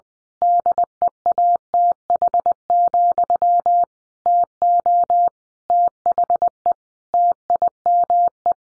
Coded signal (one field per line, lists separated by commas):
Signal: Morse code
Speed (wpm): 20 wpm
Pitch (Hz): 700 Hz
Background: none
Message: DEATH, TO THE TIME